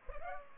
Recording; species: mosquito wingbeat signal from an infrared sensor; Culex pipiens